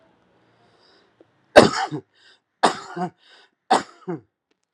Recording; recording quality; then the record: heavy voluntary cough; excellent, no background noise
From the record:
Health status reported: healthy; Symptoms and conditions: none ticked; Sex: male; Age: 57 years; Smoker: not ticked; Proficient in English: yes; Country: India